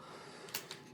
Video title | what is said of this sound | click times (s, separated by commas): Must Watch!! Aimaculate Folding stock adapter! UPDATE Review! Shocking results! | um I don't see how that's going to happen because it does lock into place really nicely | 0.5 s, 0.7 s